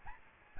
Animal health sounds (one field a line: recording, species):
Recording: mosquito wingbeat signal from an infrared sensor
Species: Aedes albopictus